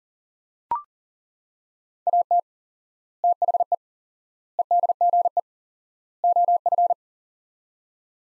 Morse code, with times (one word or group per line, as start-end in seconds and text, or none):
2.1-2.4 AT
3.2-3.7 THE
4.6-5.4 EDGE
6.2-6.9 OF